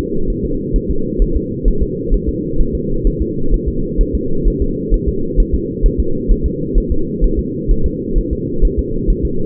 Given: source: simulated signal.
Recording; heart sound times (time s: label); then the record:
fetal heart sounds
0.30 s: S1
0.45 s: S2
0.76 s: S1
0.91 s: S2
1.22 s: S1
1.36 s: S2
1.68 s: S1
1.82 s: S2
2.14 s: S1
2.29 s: S2
2.61 s: S1
2.75 s: S2
3.07 s: S1
3.22 s: S2
3.54 s: S1
3.68 s: S2
4.01 s: S1
4.15 s: S2
4.47 s: S1
4.62 s: S2
4.94 s: S1
5.08 s: S2
5.40 s: S1
5.55 s: S2
5.86 s: S1
6.00 s: S2
6.31 s: S1
6.46 s: S2
6.78 s: S1
6.92 s: S2
7.24 s: S1
7.39 s: S2
7.71 s: S1
7.86 s: S2
8.18 s: S1
8.33 s: S2
8.65 s: S1
8.79 s: S2
9.10 s: S1
9.25 s: S2
From the record:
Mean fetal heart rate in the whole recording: 130 bpm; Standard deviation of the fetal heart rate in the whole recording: 4 bpm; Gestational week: 38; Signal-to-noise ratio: -8.1 dB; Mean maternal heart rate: 72 bpm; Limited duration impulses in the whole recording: absent